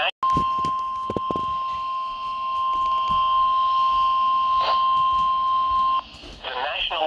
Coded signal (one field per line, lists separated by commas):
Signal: Emergency Alert System (SAME) tones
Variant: 1050 Hz attention tone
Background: speech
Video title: MARGINAL MEYHEM IV... EAS Alerts from 5/15/22 (EAS #909-918)